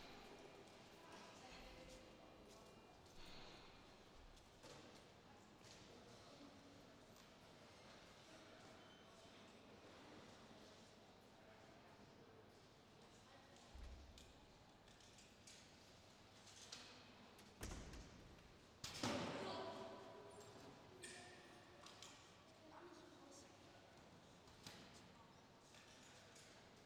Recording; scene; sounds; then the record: everyday scene through a hearing-aid microphone; reverberant space; background noise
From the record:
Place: railway station hall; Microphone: in the ear canal, left